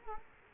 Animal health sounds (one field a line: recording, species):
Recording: mosquito wingbeat signal from an infrared sensor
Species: Culex quinquefasciatus